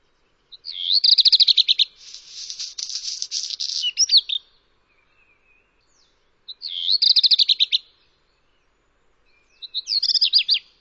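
Bird song in repeated bursts: quick high stuttered notes running into a harsh buzzy chatter, then pauses and further rapid trilled phrases with sharp slurred whistles.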